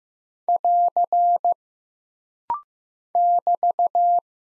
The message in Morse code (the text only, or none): <AR> <BT>